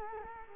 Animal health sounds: mosquito wingbeat signal from an infrared sensor; Culex quinquefasciatus

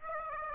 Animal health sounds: mosquito wingbeat signal from an infrared sensor; Aedes aegypti

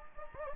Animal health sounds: mosquito wingbeat signal from an infrared sensor; Anopheles gambiae

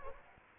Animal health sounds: mosquito wingbeat signal from an infrared sensor; Anopheles gambiae

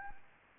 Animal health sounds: mosquito wingbeat signal from an infrared sensor; Anopheles gambiae

